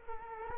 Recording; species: mosquito wingbeat signal from an infrared sensor; Culex quinquefasciatus